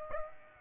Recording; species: mosquito wingbeat signal from an infrared sensor; Aedes aegypti